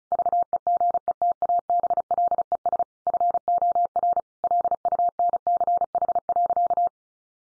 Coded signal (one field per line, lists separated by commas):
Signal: Morse code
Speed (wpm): 34 wpm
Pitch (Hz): 700 Hz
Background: none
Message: VEGETABLES FOR LUNCH.